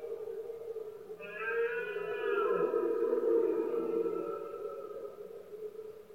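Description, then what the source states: Red deer bellow: a long, powerful harmonic roar that swells and slowly fades. Rut of male deer in Spain, called berrea or brama del ciervo; powerful bellows of stags, heard especially at night when the surroundings are quietest.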